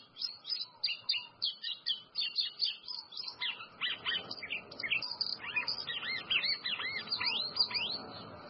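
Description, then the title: White-throated seedeater singing continuously: rapid high chirps at first, then a busier stretch of slurred, downward-sweeping notes that keeps going to the end. "Canto Do Golinha"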